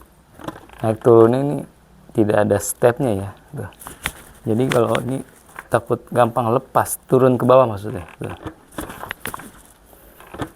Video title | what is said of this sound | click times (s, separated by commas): Komparasi NHK MARK 1 VS ALV GENESIS | di bawah sih sudah mengunci kalau sampai bawah sih sekarang | 9.1 s, 9.3 s